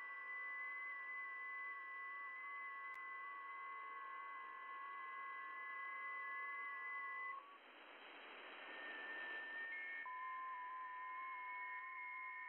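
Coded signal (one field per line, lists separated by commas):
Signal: FT8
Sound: several overlapping soft warbling tones, brief pause, then tones resume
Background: radio static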